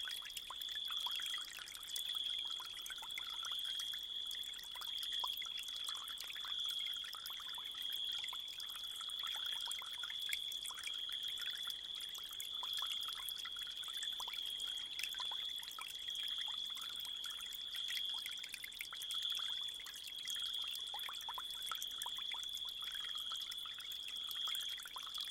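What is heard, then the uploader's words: Insects stridulate in a steady, high continuous chorus over the constant trickle of a stream, with small splashes scattered throughout at night. Night insect chorus. This gentle insect chorus was recorded late at night on the Muracciole Farm on the outskirts of Canino in the Lazio region of Italy. We hear stridulating insects and the constant flow of water from a trickling stream. Recorded by Colin Hunter.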